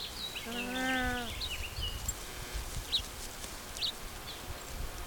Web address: songs Nene